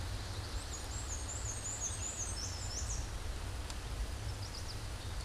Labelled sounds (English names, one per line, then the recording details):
Black-and-white Warbler song
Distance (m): 25 m
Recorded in a Pennsylvania forest on 17 May 2023 at 12:04
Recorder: AudioMoth, point grid1_9_low
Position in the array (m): 51 m, 84 m